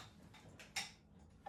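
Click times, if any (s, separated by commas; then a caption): none. The sliding seat of a Bowflex Revolution home gym machine is positioned mid-rail and pushed along toward its locking pin. Light ticking handling noises are heard, with sharper knocks at about 0.6 s and 1.5 s. Nothing has seated or clicked into place yet.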